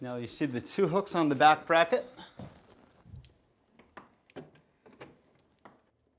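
Someone talks while a TV is lowered so the two hooks on its back bracket can engage a wall mount plate, followed by a few faint, brief handling knocks. The bracket has not clicked in or seated on the mount yet.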